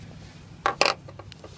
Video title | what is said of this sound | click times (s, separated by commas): How I Replace a Head Light on a 2011 GMC Denali HD Duramax Pickup | twist it that's how you lock it in alright | 0.7 s, 0.8 s